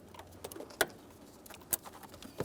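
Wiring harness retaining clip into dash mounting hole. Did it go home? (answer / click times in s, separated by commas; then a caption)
yes / 0.8 s. A plastic wiring harness retaining clip is brought over and pressed into its dash mounting hole on a 1994–1997 Honda Accord, securing the wiring during an ignition switch and lock cylinder replacement. It clicks in sharply at 0.8 s and seats. Other softer taps and knocks follow, including a sharp one near 1.7 s.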